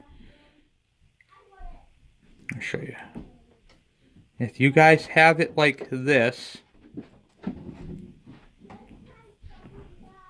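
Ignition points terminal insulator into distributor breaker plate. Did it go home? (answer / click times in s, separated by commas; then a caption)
no / none. An ignition points terminal insulator is held in an incorrect, unsnapped position against a distributor breaker plate while someone talks, with only light handling sounds heard. Nothing has snapped or seated yet.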